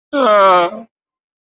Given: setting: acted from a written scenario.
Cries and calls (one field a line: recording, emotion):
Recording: vocal sound without words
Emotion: guilt